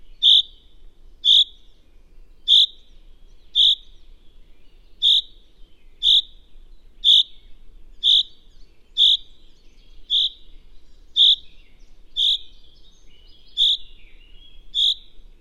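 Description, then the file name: Common chaffinch repeating a sharp, high single-note call about once every second in a steady series, with soft low background noise. "Fringilla coelebs"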